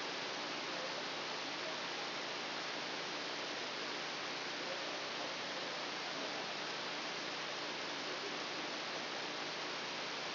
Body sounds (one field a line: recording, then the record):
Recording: brain microelectrode recording played as sound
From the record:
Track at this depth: outside the subthalamic nucleus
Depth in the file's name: -0.483 mm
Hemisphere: left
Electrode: 2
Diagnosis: Parkinson's disease